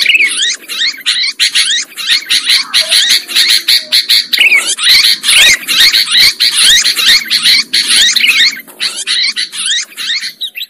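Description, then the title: Shrill lovebird chatter, rapid grating chirps packed closely together almost throughout, with only brief dips. Lure sound used for trapping lovebirds. "PIKAT BURUNG LOVEBIRD"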